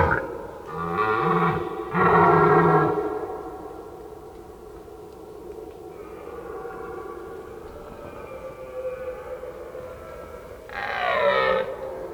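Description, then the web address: Red deer stag roaring: two loud throaty roars close together, a long quiet fading stretch, then one more roar toward the end. During the rut. "rotwild rothirschbrunft"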